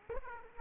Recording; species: mosquito wingbeat signal from an infrared sensor; Aedes aegypti